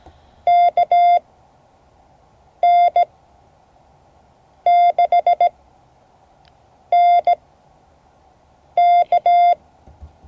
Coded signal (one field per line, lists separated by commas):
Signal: Morse code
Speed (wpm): 16 wpm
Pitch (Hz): 690 Hz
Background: none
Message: KN6NK